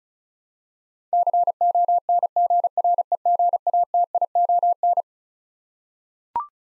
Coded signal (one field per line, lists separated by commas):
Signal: Morse code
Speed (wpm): 36 wpm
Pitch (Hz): 700 Hz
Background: none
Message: CONGREGATION